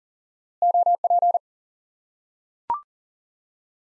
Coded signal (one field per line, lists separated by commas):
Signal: Morse code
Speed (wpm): 40 wpm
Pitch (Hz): 700 Hz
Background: none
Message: OP